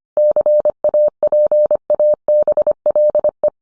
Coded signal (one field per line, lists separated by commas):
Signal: Morse code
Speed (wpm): 25 wpm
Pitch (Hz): 600 Hz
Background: none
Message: CAPABLE